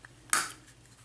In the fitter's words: There it is, snapped in place.